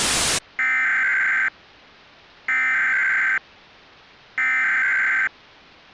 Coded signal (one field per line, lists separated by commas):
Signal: Emergency Alert System (SAME) tones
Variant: header bursts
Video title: EAS Scenario Icy Reminder